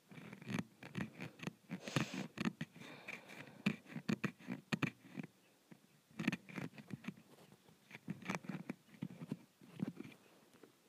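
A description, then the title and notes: Scratching on a window comes in quick, rough bursts of dry scraping strokes, bunched in busy runs with a few short pauses, the longest near the middle. Each stroke has a gritty low rasp topped by a thin, hissing edge. ASMR Scratching my Window.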